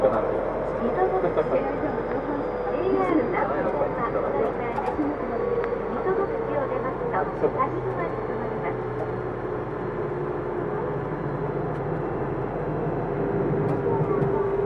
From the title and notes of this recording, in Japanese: 東急2000系 渋谷〜あざみ野。急行運用を録音。ステンレス鋼製20m級軽量車体の4扉車である。